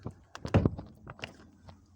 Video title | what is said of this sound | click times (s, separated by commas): How to open VW Tiguan Bonnet / Hood 2nd Generation 2016 Onwards (non broken) | you heard the click the finger gap | 0.5 s